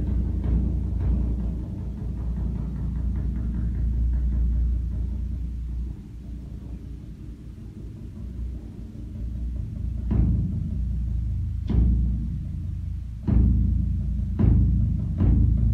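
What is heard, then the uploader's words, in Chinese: Evening temple drum beats: a deep continuous rumble for ten seconds, then four sharp booming strikes spaced about two seconds apart. 藥山暮鼓。藥山寺每晚在就寢（養息）前都會叩暮鼓，而擊鼓人每次叩擊都會使得鼓聲順應自身的心境。目前在曹洞宗祖廳湖南藥山寺修行。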